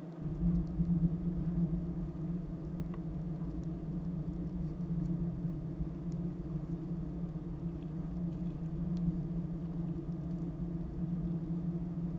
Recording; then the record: honeybee colony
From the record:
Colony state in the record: active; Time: day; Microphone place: top of hive